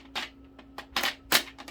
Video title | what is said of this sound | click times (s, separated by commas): ProMag 70 round drum / update - Ruger 22 Charger | right away all right locks in but you're gonna have to lock you know load around that | 1.0 s